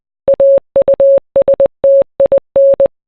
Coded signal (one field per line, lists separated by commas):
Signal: Morse code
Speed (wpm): 20 wpm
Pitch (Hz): 550 Hz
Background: none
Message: AUSTIN